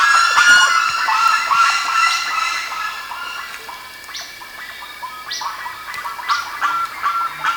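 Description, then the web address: Bird calls, harsh harmonic notes in a rapid burst at first, then scattered sharper notes, over a steady hissing background. "BIRD 2015 SABIOD 50 bird 2015"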